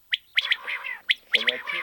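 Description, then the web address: Common quail giving sharp, high, clipped notes in two quick groups of three, a brief pause between them, with softer buzzy sounds after each group. Recording prepared for an electronic game caller device. "Перепел Quaglia. plurifon"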